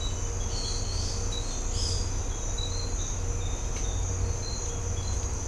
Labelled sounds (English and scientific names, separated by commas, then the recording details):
none
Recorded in secondary vegetation near Puerto Asís, Putumayo, Colombia, on 20 December 2024 at 06:00
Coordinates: 0.502, -76.326
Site G028